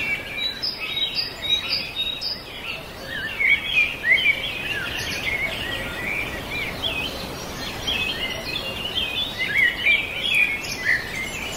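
Songbirds sing throughout a summer forest, several voices overlapping in a steady stream of bright chirps, trills and short whistled phrases. The calls come densely and continuously, with a few clearer bursts around the fourth and tenth seconds over a soft, constant background hiss.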